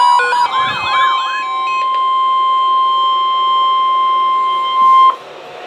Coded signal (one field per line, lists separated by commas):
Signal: Emergency Alert System (SAME) tones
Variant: 1050 Hz attention tone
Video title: NOAA Weather Radio EAS #370: Severe Thunderstorm Watch #394